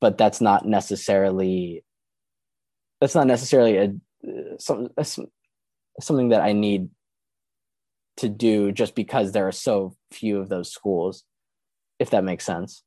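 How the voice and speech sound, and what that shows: An adult man speaks with stuttering. He repeats a whole phrase, restarts a word several times before getting it out, and prolongs some sounds, with long silent pauses breaking up his speech. He began coming to terms with his stutter in college.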